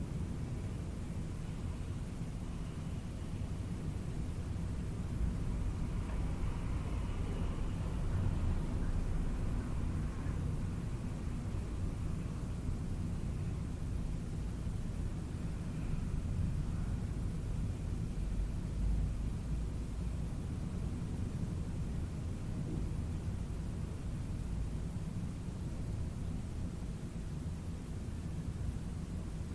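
Wind blows steadily through trees and across open ground, a dense low rushing roar that holds nearly even for the whole thirty seconds. Between about six and twelve seconds a faint brighter rustle rises slightly above the rumble, then fades back into it.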